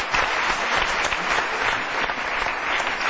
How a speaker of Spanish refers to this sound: Un aplauso para Jaime Bores.